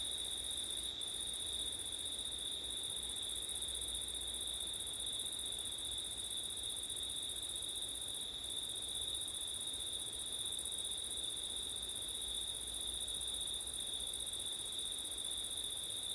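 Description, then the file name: Crickets give a long, unchanging high trill that runs the whole time. Crickets at night in September, with wind; recorded with ortif setup. "crickets wind september night ortif"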